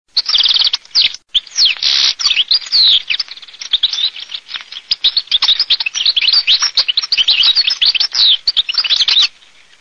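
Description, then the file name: European goldfinch song: a loud, continuous run of rapid high twittering and chirping notes with short buzzy trills, lasting about nine seconds before stopping. "CARDFABBRI"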